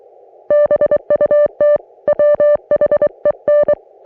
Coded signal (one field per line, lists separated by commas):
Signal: Morse code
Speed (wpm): 23 wpm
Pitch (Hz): 590 Hz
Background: music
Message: BUT WHEN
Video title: Di-Dah-Dit Weekly - Morse Code Practice